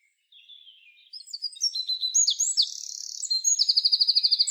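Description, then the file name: Eurasian wren song, a fast high-pitched outpouring of ringing notes that climbs into quick, even rattling trills, loud and continuous to the end. "Troglodytes troglodytes"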